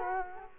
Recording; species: mosquito wingbeat signal from an infrared sensor; Culex quinquefasciatus